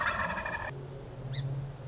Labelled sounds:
Song Sparrow
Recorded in Sonoma County, California

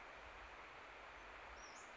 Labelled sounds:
Western Flycatcher
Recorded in Sonoma County, California

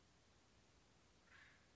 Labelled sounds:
Acorn Woodpecker
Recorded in Sonoma County, California

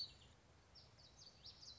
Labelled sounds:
Common Yellowthroat
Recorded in Sonoma County, California

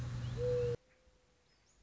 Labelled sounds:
Mourning Dove
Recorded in Sonoma County, California

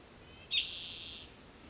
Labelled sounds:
Spotted Towhee
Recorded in Sonoma County, California

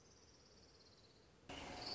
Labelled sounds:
Orange-crowned Warbler
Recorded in Sonoma County, California

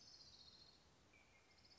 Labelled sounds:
Orange-crowned Warbler
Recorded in Sonoma County, California

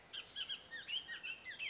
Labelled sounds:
Bullock's Oriole
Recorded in Sonoma County, California

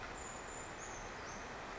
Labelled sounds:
Brown Creeper
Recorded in Sonoma County, California

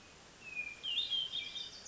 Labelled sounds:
Hermit Thrush
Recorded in Sonoma County, California

